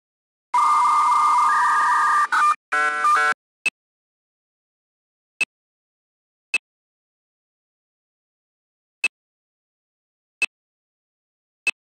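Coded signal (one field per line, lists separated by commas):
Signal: dial-up modem handshake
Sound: steady high answer tone over warbling two-tone data chirps, then six short clicks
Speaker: se connecter au minitel pierres cassées d'un logiciel particulier appelé émulateur minitel lui aussi fourni avec son modem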